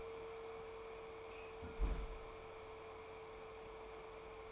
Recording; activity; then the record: daily activity, microphone in the room; close fridge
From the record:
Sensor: 1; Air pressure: 1015.0 hPa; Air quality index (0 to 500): 194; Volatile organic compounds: 22 ppm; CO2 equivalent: 2747 ppm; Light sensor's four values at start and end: 28/70/30/35 and 24/60/25/30